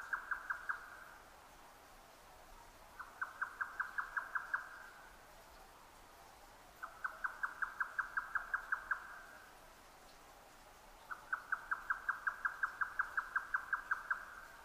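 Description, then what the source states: Grey nightjar delivering four bursts of rapid, evenly spaced knocking notes, with short silences between. Recorded 12 June 2009 at 22:41.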